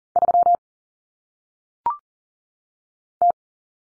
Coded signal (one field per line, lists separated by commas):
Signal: Morse code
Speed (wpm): 40 wpm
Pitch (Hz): 700 Hz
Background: none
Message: 3 T